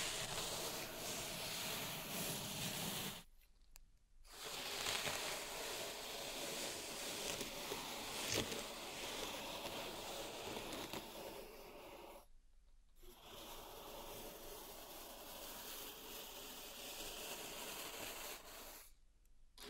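Pink salt raked through a zen garden makes a dense, steady hiss, with brief silent pauses near 3, 12 and 19 seconds.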